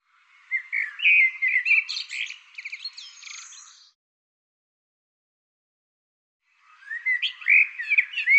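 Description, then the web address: Bird song: a warbled phrase of high chirps and trills lasting about three seconds, a long silence, then a second similar phrase starting. "cianscape birddata Deverinetal 2025 Bird Tu Me Tu Me"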